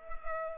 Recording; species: mosquito wingbeat signal from an infrared sensor; Culex pipiens